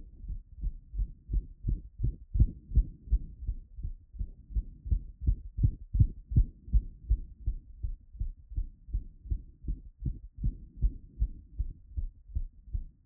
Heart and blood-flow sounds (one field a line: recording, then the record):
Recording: heart sounds by stethoscope after running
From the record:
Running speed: 6 mph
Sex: male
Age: 20 to 29 years